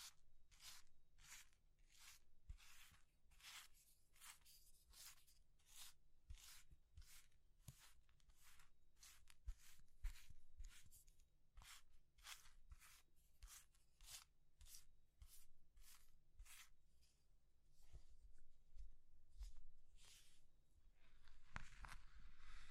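Brittle crushing of soap, chalk or meringue comes as a quick, regular series of crisp, bright crunches, roughly one per second, over a faint low rumble.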